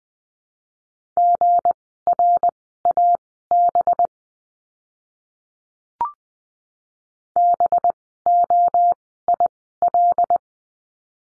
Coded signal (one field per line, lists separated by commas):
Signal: Morse code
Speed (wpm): 19 wpm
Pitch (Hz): 700 Hz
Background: none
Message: GRAB BOIL